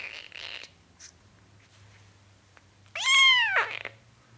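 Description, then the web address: Cat: kitten giving a soft mew, brief faint noises, then a loud, clear mew that rises and falls over half a second. Four-week-old kitten mewing while drinking milk from a bottle. "BBC Cats Mewing"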